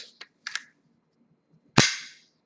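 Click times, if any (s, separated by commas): 1.8 s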